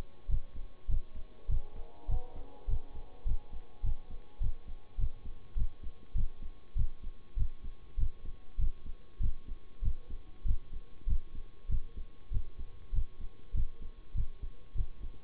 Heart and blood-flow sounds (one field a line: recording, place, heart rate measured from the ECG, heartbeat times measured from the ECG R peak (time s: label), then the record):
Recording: heart sounds by stethoscope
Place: between the tricuspid and mitral areas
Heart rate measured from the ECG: 100 bpm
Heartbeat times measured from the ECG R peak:
0.28 s: heartbeat
0.88 s: heartbeat
1.48 s: heartbeat
2.08 s: heartbeat
2.67 s: heartbeat
3.25 s: heartbeat
3.83 s: heartbeat
4.40 s: heartbeat
4.98 s: heartbeat
5.56 s: heartbeat
6.14 s: heartbeat
6.75 s: heartbeat
7.36 s: heartbeat
7.97 s: heartbeat
8.58 s: heartbeat
9.20 s: heartbeat
9.82 s: heartbeat
10.45 s: heartbeat
11.06 s: heartbeat
11.68 s: heartbeat
12.31 s: heartbeat
12.92 s: heartbeat
13.54 s: heartbeat
14.14 s: heartbeat
14.75 s: heartbeat
From the record:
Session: bicycle stress test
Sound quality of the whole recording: good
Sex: male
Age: 26 years